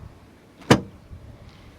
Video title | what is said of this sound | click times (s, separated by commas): NEW 2027 Mercedes GLB 350 Review: Better Value Than The GLC? | And it needs to click. | 0.7 s